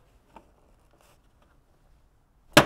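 The driver's side plastic sill trim on a 79 Series Landcruiser 4x4 utility, held into the door sill by four flexible clips, is pulled off by hand with a quick, sharp yank, fingers underneath and no tools. After a few faint ticks, a loud, sharp pop at 2.6 s marks the clips releasing and the trim coming free.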